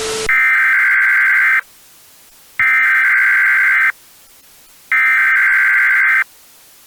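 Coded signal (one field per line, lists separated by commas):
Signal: Emergency Alert System (SAME) tones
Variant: header bursts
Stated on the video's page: Fictional analog-horror EAS scenario; nothing real was broadcast.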